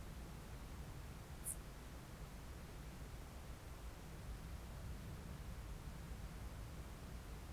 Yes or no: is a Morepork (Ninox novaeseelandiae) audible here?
no